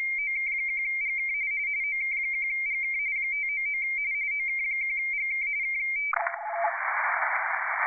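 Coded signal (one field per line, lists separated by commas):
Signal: RTTY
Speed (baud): 45.45 baud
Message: OK1GK OK1GK 599 OK1GK K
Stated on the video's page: RTTY contest operation on 30 m, keyed by contest software with integrated Cocoamodem.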